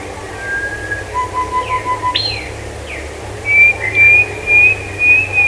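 Bird calls: a level whistle, a low trill, downslurred notes, then a series of high thin whistled notes repeated about twice a second, over a steady low hum.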